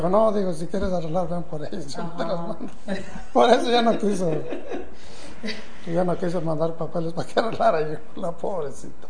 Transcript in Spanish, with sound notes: “No”, dijo, “si quieres arreglar, ven por ellos, yo no te los mando”. (risas) Por eso ya no quiso. Ya no quiso mandar papeles pa que arreglara yo, la pobrecita.